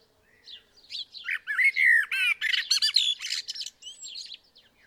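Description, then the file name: Common blackbird giving a dense run of scratchy, squeaky notes and quick slides, busy and harsh for about three seconds, with faint soft notes before and after. "Turdus merula"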